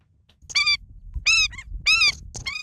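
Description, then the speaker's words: Indian skimmer calls: loud, harsh, nasal yelping notes in a quick irregular series of several, each with strong ringing overtones. Endangered orange-billed water bird of South Asia, nesting on river sandbanks such as the Chambal River in central and northern India. "That's the sound of the Indian skimmer, a unique orange-billed water bird."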